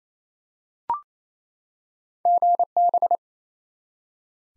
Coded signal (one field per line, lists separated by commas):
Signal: Morse code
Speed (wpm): 28 wpm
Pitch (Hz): 700 Hz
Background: none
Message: GB